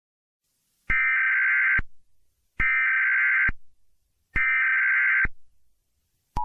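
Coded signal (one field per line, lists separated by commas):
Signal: Emergency Alert System (SAME) tones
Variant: header bursts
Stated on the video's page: Fictional EAS scenario/mock.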